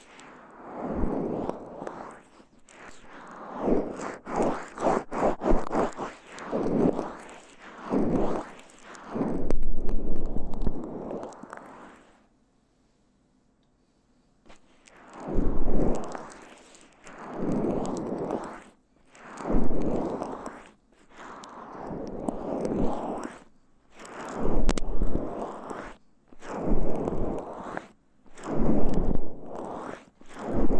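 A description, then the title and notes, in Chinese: Slick, wet rubbing of an ear massage with lotion comes in repeated strokes, each a soft swelling rush lasting about a second. The strokes run fairly steadily, broken by a near-silent pause around 11 to 14 seconds before the rhythmic rubbing resumes. ASMR×KU100 | 乳液耳朵按摩 | Ear Massage | NO Talking。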